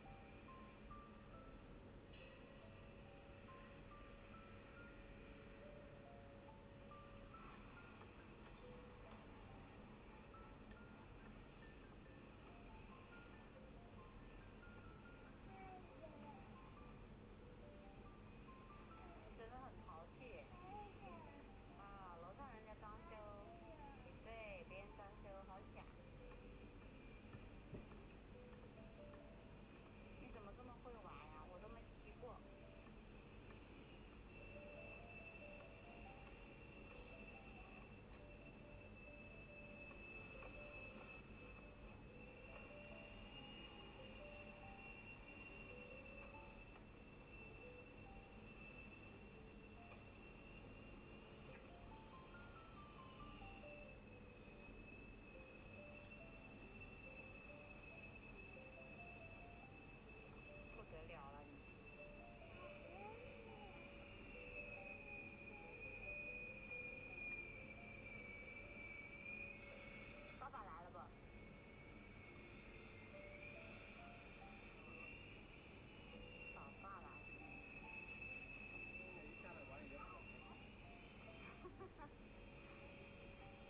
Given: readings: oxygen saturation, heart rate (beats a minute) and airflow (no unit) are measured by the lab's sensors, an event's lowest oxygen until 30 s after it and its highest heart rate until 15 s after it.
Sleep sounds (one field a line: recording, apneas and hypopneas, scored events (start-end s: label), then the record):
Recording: a person awake in a sleep study, by a voice recorder at the bedside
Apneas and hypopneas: none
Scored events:
0.00-83.70 s: awake
From the record:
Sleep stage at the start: awake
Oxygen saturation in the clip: 94 to 97%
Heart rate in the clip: 76 to 80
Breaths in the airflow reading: 22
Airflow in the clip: -3.9 to 5.0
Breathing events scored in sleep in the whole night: 131 in 7.2 hours asleep